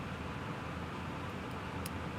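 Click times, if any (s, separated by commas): 1.9 s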